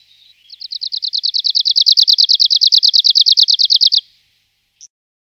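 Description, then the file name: Arctic warbler song: a fast, even trill of many high, dry notes, then a single short note after a pause. "Penochka talovka"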